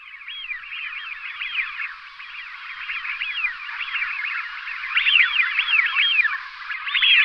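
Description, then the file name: Eurasian wigeons whistling together, a dense chorus of rising-and-falling whistled notes in uneven bursts, growing louder toward the end. "fischione"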